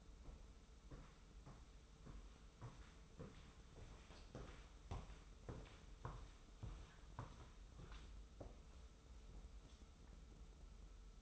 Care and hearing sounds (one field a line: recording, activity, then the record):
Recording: daily activity, microphone in the room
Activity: walk to room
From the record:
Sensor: 1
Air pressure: 994.4 hPa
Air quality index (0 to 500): 220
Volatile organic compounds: 1000 ppm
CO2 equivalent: 7858 ppm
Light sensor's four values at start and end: 65/146/64/67 and 58/132/58/60